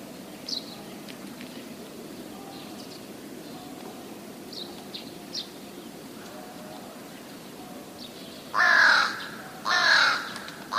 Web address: wroblowe ptaki gawron